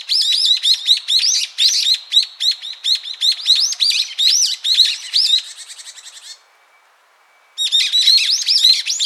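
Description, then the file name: Brown-eared bulbul calling in a rapid shrill chatter with high ticks, briefly dropping to silence before resuming. "Ixos amaurotis"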